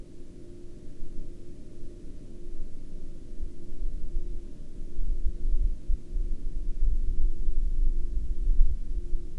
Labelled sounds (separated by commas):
man-made sound